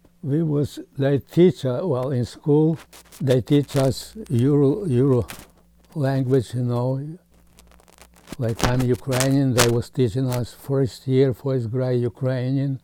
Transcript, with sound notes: we was, they teach us, well, in school they teach us Ural, Ural language, you know, like [microphone disturbance] when the Ukrainians, they was teaching us first year, first grade Ukrainian.